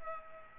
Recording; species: mosquito wingbeat signal from an infrared sensor; Aedes aegypti